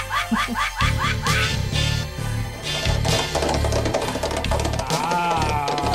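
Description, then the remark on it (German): Digitally sampled horse sounds, processed in Vienna, Austria, in fall 1984: short nasal whinny-like calls repeated in a quick rhythmic burst, then woven through a loud electronic music track with a steady, thumping bass line. “Das waren Digital Horse Samples, processed in Vienna, Austria, during Fall 84.”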